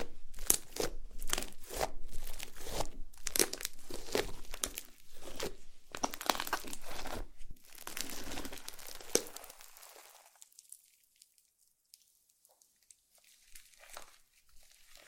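Slime being squeezed and worked makes dense, wet crackling and squelching for the first nine seconds, with sharp pops and clicks every fraction of a second. After about ten seconds it thins to quiet, scattered soft crackles.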